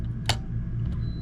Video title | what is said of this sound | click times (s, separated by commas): Understanding RV Electrical Systems: Basic Troubleshooting Tutorial | you'll hear it click and it'll come back on | 0.3 s